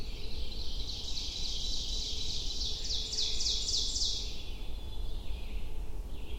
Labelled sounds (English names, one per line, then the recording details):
Ovenbird song
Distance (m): 30 m
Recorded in boreal forest in Alberta, Canada, on 22 June 2016 at 05:34
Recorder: SongMeter 3, array SBT-6-76
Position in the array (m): 150 m, 110 m
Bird 3